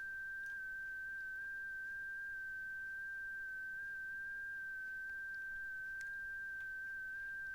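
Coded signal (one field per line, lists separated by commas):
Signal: FT8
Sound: one steady, slightly warbling tone near 1.5 kHz, stepping in pitch by tiny amounts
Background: faint background hiss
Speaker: it doesn't look like easier me pretty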